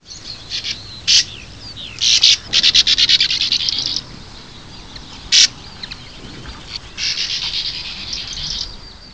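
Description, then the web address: Bird calls: high, sharp chirps and rapid buzzy trills in short bursts, some rattling runs lasting about a second, separated by brief pauses. "Eyewitness Birds"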